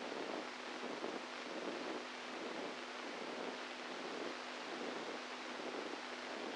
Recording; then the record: brain microelectrode recording played as sound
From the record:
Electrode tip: inside the subthalamic nucleus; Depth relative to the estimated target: -3 mm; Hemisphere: right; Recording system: NeuroSet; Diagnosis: Parkinson's disease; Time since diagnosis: 10 years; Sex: male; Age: 65 years